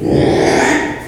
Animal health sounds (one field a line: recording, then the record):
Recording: squeal of a Yucatan mini pig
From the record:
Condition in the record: after surgery on the right vocal fold (resection and tissue-engineered implant)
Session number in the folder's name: 3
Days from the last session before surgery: 33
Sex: male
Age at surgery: 12 weeks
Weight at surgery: 13 kg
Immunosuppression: cyclosporine, prednisolone